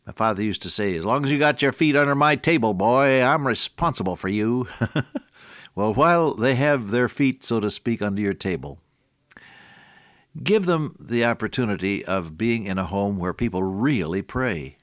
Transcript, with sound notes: My father used to say, “As long as you got your feet under my table boy, I’m responsible for you.” [chuckle] Well, while they have their feet so to speak, under your table, give them the opportunity of being in a home where people really pray.